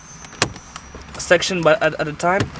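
A plastic gauge vent trim piece is pushed section by section into a Mustang's car dashboard, and the first section clips in with a sharp snap at 0.4 s. Smaller ticks follow, and then someone talks.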